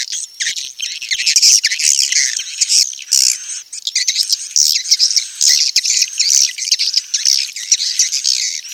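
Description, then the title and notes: Swiftlet twittering, a continuous high chattering of overlapping chirps and squeaky notes. Swiftlet sounds used for swiftlet farming in Asia. "Swiflet Bird Sound. Farming Swiflet Bird asia sound"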